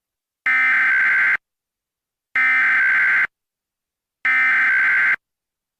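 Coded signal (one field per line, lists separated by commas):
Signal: Emergency Alert System (SAME) tones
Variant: header bursts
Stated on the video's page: Fictional EAS scenario with siren audio.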